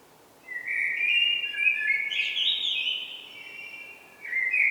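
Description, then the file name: Common blackbird calling in a long, fluid, warbled phrase of sliding whistled notes, a brief pause, then a final short note; light steady background noise. "Turdus merula"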